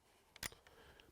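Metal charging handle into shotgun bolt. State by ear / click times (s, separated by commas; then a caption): seated / 0.5 s. The metal charging handle of a Weatherby SORIX shotgun is popped out and pushed back into the bolt on the other side of the action, switching it over for left-handed shooting. A faint tick comes just before a sharp metallic snap at 0.5 s as the handle seats in the bolt, followed by lighter ticks. The handle snaps into place.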